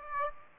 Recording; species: mosquito wingbeat signal from an infrared sensor; Aedes aegypti